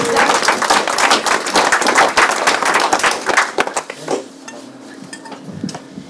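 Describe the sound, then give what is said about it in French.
An audience claps in a dense, steady burst of applause for about four seconds, then the clapping thins out and fades to a quiet hush with a few scattered claps. “On applaudit bien”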